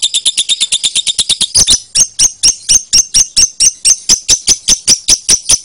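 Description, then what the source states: Lovebird song opening with rapid, thin chirps, then shifting to slower, sharper notes repeated several times a second. Lovebird referred to as Putri Mentaya.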